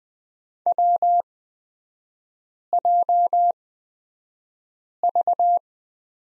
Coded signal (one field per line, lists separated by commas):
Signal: Morse code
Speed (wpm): 20 wpm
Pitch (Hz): 700 Hz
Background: none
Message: WJV